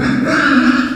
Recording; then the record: squeal of a Yucatan mini pig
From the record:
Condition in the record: after surgery on the right vocal fold (resection and tissue-engineered implant); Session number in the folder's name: 7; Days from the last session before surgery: 47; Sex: female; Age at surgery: 19 weeks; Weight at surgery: 25 kg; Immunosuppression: prednisolone